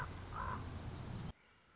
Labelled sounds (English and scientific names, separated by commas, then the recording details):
Common Raven (Corvus corax)
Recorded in Sonoma County, California